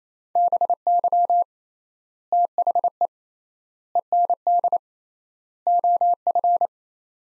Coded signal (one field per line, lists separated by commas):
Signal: Morse code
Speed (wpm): 28 wpm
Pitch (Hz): 700 Hz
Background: none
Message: BY THE END OF